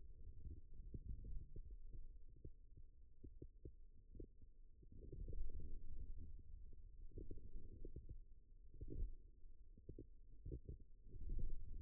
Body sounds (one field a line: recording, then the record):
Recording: forearm muscle sounds (acoustic myography)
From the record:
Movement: radial deviation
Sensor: system 2, bracelet of six BSWA MPA416 microphones around the upper forearm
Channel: 6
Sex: male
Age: 22 years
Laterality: right